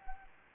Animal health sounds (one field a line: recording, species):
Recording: mosquito wingbeat signal from an infrared sensor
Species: Anopheles gambiae